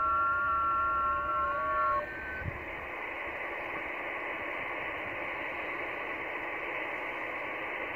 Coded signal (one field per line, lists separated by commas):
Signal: FT8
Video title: 3D2CR, Conway Reef , Pacific Ocean , OC-112, 21MHz, FT8, Worked by HL2WA